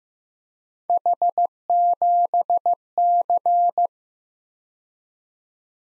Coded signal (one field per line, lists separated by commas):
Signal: Morse code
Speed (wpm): 18 wpm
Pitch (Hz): 700 Hz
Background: none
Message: H7C